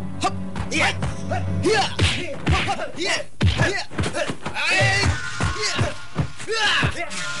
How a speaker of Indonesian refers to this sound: Layang Suta terus menyerang Panjun dengan pukulan-pukulan tangan kosongnya.